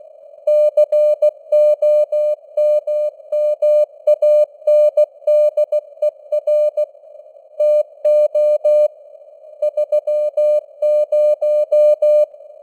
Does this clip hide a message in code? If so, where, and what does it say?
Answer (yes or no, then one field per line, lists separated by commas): yes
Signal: Morse code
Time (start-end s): 0.5-12.2 s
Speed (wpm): 16 wpm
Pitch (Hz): 600 Hz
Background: none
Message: COMMANDER TO 30